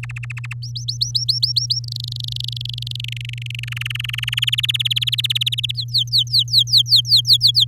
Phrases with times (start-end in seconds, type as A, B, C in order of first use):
0.03-0.53 A, 0.62-1.80 B, 1.84-2.96 C, 2.99-3.65 D, 3.67-4.40 E, 4.42-5.72 F, 5.75-7.65 G